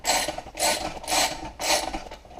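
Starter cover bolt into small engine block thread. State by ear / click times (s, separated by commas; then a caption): stripped / none. A ratchet tightens the four bolts holding a plastic/metal starter cover onto the aluminium block of a small Briggs and Stratton engine, with four bursts of ratcheting at about 0.0, 0.5, 1.1 and 1.6 seconds and a short tick at 2.4 seconds. Nothing has seated or clicked, and no distinct slip is heard. One bolt's thread strips out and will need another thread repair.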